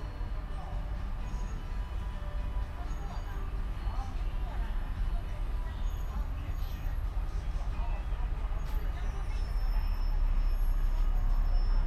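Sitting outdoors in the sun: a heavy, steady low rumble of passing traffic fills the scene, with murmured voices and faint high whines above. The rumble swells slightly louder near the end.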